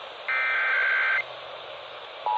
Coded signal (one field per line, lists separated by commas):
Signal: Emergency Alert System (SAME) tones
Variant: header bursts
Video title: RMT's and RWT's (EAS 74-80)